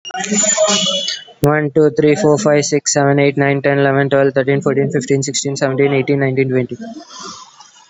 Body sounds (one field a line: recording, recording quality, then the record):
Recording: counting at a fast pace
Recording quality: excellent, no background noise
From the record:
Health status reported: COVID-19 positive, mild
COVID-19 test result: positive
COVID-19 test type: RT-PCR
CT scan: taken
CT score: 4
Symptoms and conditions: cough, breathing difficulty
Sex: male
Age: 18 years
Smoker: no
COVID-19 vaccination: none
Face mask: not worn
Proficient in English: yes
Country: India